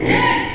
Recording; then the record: squeal of a Yucatan mini pig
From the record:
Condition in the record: before surgery on the right vocal fold (resection and tissue-engineered implant); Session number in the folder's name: 2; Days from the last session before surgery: 0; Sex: male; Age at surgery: 12 weeks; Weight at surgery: 13 kg